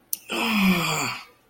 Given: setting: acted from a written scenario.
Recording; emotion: vocal sound without words; disappointment